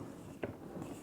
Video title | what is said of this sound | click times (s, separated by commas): DEWALT TSTAK Tool Storage Cart [Updated Version!] | We'll lock this side, too. And now this whole thing is locked into place. | 0.4 s